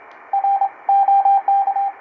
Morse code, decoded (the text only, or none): R OK